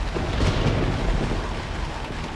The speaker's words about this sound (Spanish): El suelo se estremeció como si millares de caballos galopasen sobre él. Y esta vez la tormenta llevaba en sus gélidas alas no nieve, sino un enorme granizo que cayó con tal violencia que parecía haber sido lanzado por los míticos honderos baleáricos.